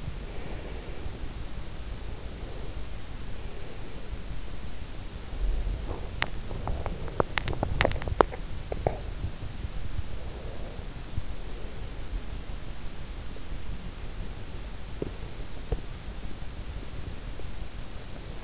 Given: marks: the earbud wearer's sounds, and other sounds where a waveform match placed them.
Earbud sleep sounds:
sounds in sleep by an in-ear microphone; breath, teeth grinding, swallowing
0.14-1.41 s: breath
1.74-4.32 s: breath
5.91-8.50 s: teeth grinding
8.50-9.32 s: swallowing
10.09-12.25 s: breath
15.07-15.86 s: teeth grinding

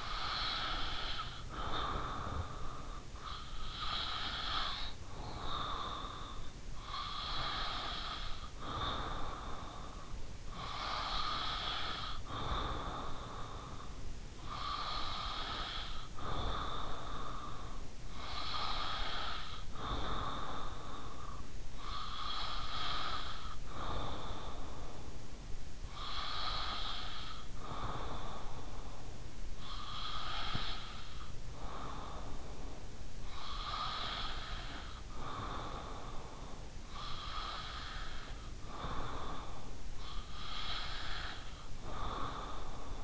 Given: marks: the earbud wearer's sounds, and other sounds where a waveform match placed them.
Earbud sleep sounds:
sounds in sleep by an in-ear microphone; breath
0.00-43.03 s: breath

